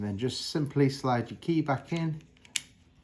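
Someone talks while sliding the metal emergency key blade back into the plastic body of a 2019–2026 Lexus key fob, after swapping its battery. A sharp click at 2.6 s marks the key latching into the fob housing, seating it.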